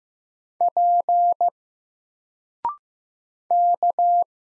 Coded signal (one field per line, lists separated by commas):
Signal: Morse code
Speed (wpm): 15 wpm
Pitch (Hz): 700 Hz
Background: none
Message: P K